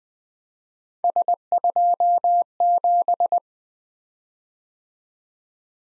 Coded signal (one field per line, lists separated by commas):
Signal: Morse code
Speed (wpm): 20 wpm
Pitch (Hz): 700 Hz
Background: none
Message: S27